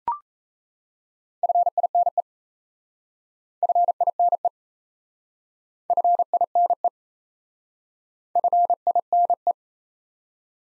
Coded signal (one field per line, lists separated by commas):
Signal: Morse code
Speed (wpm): 37 wpm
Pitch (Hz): 700 Hz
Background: none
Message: FINE FINE FINE FINE